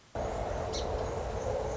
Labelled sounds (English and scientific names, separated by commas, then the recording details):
Song Sparrow (Melospiza melodia)
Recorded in Sonoma County, California